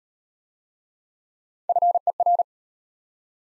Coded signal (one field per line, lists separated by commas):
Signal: Morse code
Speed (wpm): 34 wpm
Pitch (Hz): 700 Hz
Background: none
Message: FER